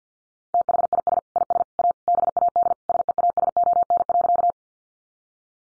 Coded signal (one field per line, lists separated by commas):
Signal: Morse code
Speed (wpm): 50 wpm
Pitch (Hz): 700 Hz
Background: none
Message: THIS IS A BAD SEASON.